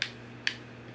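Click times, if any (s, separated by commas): 0.0 s, 0.5 s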